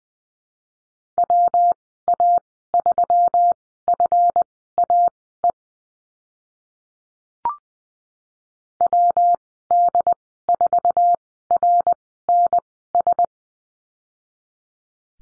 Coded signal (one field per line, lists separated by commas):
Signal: Morse code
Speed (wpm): 20 wpm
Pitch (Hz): 700 Hz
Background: none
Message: WA3FAE WD4RNS